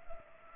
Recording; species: mosquito wingbeat signal from an infrared sensor; Culex pipiens